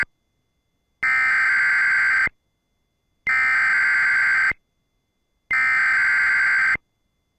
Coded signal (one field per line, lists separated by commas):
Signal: Emergency Alert System (SAME) tones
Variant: header bursts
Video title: EAS 1819: NWS Wilmington (OH) Tornado Warning